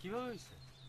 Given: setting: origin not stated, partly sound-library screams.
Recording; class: one-second piece from a danger detection set; normal situation